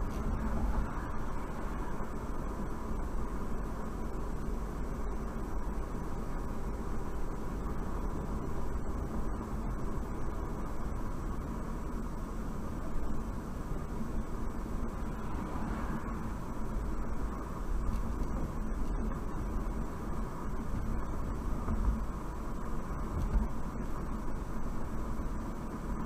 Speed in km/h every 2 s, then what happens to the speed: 56, 58, 60, 58, 60, 60, 56, 58, 60, 60, 60, 61, 61.
0-26 steady at about 60.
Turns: none.